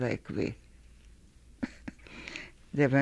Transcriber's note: laughs